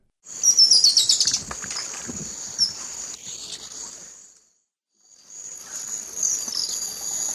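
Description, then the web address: American pygmy kingfisher giving a rapid, very high-pitched ticking trill that fades into a thinner high buzz, which resumes after a short break. Eastern lowlands of South America. "ENTER Music and Audio. Nature Songs S America Eastern Lowlands. American Pygmy Kingfisher"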